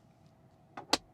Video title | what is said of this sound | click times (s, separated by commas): Tesla Model 3 2021 must have top accessories ! | and it has no effect this is clicked back into place and it has no effect on the actual wire | 0.8 s, 0.9 s